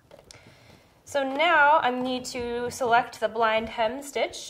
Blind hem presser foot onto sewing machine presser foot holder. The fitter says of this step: presser foot holder and gently lower it until it snaps into place so